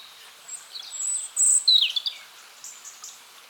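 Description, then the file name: European robin song, one short high phrase of thin whistles sliding down into a quick tumbling flourish, fairly loud over light hiss. "Erithacus rubecula"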